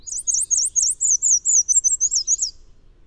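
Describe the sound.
Bird song: a fast series of many high, thin, wavering notes, coming slightly quicker toward the end.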